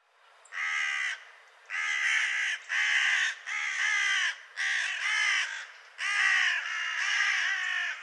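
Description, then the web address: Bird giving a series of harsh, cawing calls, several loud bursts mostly about half a second to a second long, spaced roughly every second. "cianscape birddata Deverinetal 2025"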